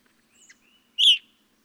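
Evening grosbeak: soft faint notes, then a single strong ringing call slurring downward.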